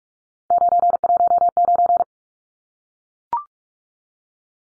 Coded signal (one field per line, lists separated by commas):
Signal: Morse code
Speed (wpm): 44 wpm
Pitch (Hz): 700 Hz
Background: none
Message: 919